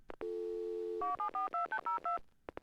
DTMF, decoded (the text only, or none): 74202